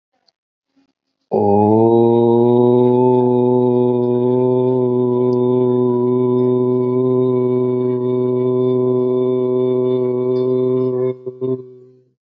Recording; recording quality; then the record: sustained vowel as in boot; excellent, no background noise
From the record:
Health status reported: healthy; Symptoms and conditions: none ticked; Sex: male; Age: 41 years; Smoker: not ticked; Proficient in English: yes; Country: India